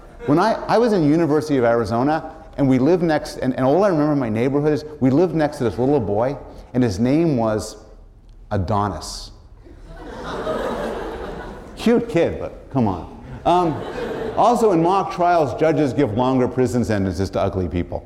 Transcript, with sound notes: When I was in the University of Arizona and we lived next — and all I remember of my neighborhood is we lived next to this little boy and his name was Adonis. [laughter] Cute kid, but come on. [laughter] Also in mock trials judges give longer prison sentences to ugly people.